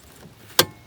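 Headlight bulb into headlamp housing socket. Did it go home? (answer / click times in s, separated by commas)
yes / 0.6 s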